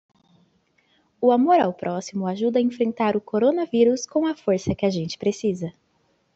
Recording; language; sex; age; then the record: spoken sentence; Brazilian Portuguese; female; 20 to 29 years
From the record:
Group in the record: control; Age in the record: 20 years